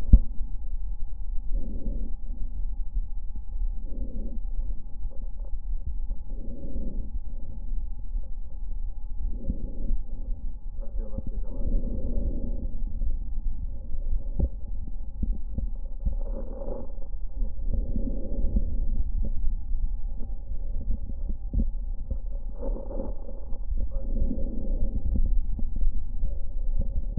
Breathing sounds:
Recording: lung sounds by stethoscope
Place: left anterior apical chest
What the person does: quiet breathing, then deep breathing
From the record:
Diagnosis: COPD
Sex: female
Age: 68 years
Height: 150 cm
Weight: 70 kg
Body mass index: 31.1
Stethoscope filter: diaphragm mode

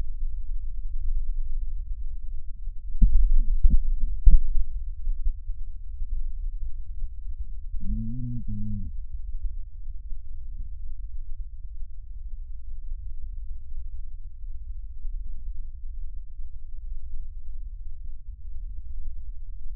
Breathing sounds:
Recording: lung sounds by stethoscope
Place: right posterior basal chest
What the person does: quiet breathing, then cough and speech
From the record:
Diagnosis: COPD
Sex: male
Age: 81 years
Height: 166 cm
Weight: 98.7 kg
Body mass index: 35.8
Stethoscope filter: bell mode

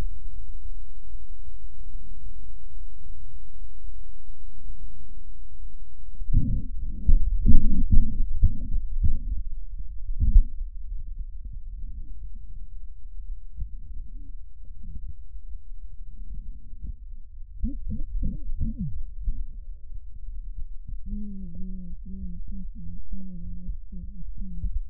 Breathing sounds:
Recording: lung sounds by stethoscope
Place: left posterior basal chest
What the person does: quiet breathing, then cough and speech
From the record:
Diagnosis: asthma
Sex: female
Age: 56 years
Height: 161 cm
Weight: 85 kg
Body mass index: 32.8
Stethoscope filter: bell mode

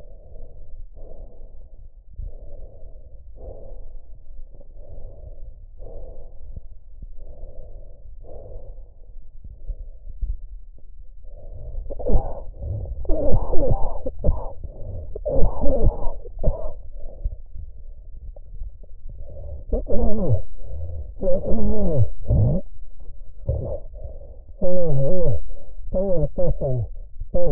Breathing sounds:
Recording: lung sounds by stethoscope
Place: trachea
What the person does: quiet breathing, then cough and speech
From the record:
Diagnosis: COPD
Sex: male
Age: 75 years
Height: 182 cm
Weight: 98 kg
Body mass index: 29.6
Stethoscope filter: extended mode

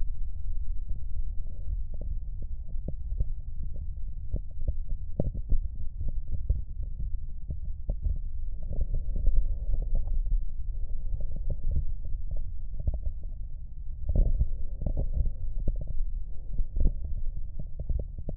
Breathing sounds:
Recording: lung sounds by stethoscope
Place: right posterior basal chest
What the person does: quiet breathing, then deep breathing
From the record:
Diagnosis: interstitial lung disease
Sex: male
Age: 66 years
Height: 172 cm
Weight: 107.6 kg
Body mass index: 36.4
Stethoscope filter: extended mode

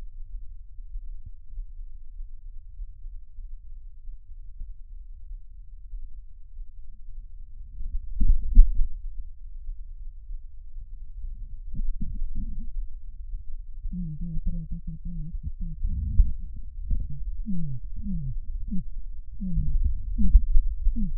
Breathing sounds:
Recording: lung sounds by stethoscope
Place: right posterior apical chest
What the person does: quiet breathing, then cough and speech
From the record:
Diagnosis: interstitial lung disease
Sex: female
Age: 70 years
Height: 160 cm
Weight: 93 kg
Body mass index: 36.3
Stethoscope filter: bell mode

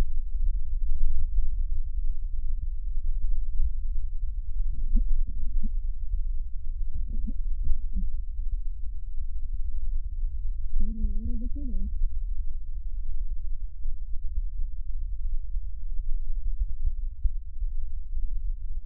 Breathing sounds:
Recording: lung sounds by stethoscope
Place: left posterior basal chest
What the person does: quiet breathing, then cough and speech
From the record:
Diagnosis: interstitial lung disease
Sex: female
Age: 60 years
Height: 152 cm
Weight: 55.9 kg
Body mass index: 24.2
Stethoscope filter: bell mode

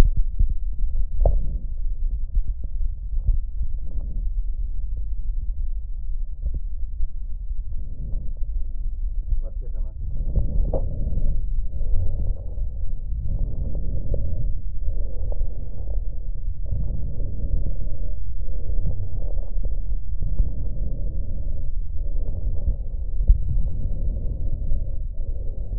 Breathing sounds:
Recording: lung sounds by stethoscope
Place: left posterior apical chest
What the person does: quiet breathing, then deep breathing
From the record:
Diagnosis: pulmonary infection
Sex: male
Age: 86 years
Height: 165 cm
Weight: 65 kg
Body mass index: 23.9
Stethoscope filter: extended mode

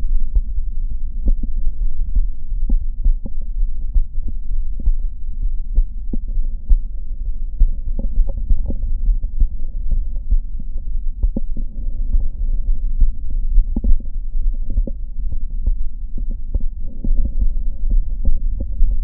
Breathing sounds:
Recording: lung sounds by stethoscope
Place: left anterior apical chest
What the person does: quiet breathing, then deep breathing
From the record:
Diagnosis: COPD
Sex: male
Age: 57 years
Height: 165 cm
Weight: 85.7 kg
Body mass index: 31.5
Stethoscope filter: diaphragm mode

